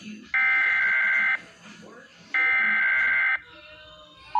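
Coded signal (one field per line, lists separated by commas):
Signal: Emergency Alert System (SAME) tones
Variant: header bursts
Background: speech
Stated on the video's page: Relayed severe thunderstorm warning EAS tones from a station, passed on by relay.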